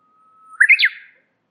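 Warbler song: a thin steady whistle swells into a quick burst of bright, slurred notes that drop in pitch, lasting about half a second, with silence around it.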